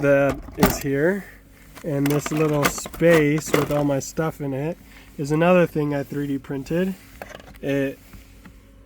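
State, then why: Seated. A 3D-printed plastic cup holder insert is fitted into a pickup truck's console cup holder space while someone talks. A single sharp, short snap is heard at 8.5 s as the insert seats in place.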